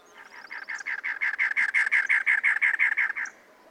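Cactus wren song: many harsh, rhythmic rasping notes delivered rapidly before stopping, with a thin trill near the start.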